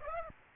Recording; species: mosquito wingbeat signal from an infrared sensor; Aedes aegypti